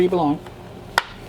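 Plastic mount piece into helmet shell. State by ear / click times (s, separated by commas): seated / 1.0 s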